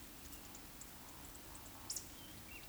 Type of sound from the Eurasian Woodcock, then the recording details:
whistle, croak. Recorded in Baden-Württemberg, Germany, on 16 June 2021 at 19:57 UTC. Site 20675, 466 m above sea level